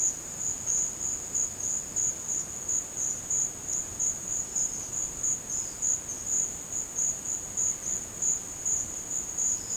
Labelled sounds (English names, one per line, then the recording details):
none
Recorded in dense forest near Puerto Asís, Putumayo, Colombia, on 13 March 2025 at 13:30
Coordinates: 0.486, -76.317
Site G053